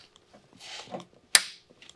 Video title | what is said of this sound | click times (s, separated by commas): EV Charging and Home Backup With Solar Energy | handle and then simply push in till you hear it click | 1.3 s